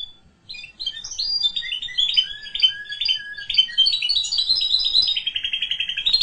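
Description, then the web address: Canary singing a continuous warble of chirps and slurred whistles, ending in a fast trill. "honarfardi Canary Sound"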